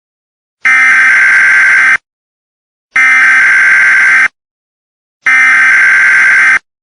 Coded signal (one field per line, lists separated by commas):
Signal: Emergency Alert System (SAME) tones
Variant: header bursts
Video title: THE CREATURE EAS SCENARIO REMASTERED FULL SCENARIO